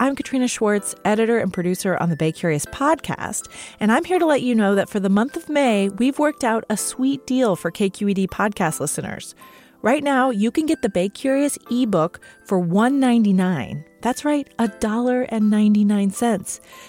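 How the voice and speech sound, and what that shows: A woman reads a short promotional announcement in a clear, mid-pitched voice, at an even pace with natural pauses between phrases. Her speech is fluent, with no repetitions, blocks, slurring or rough voice quality, consistent with ordinary speech.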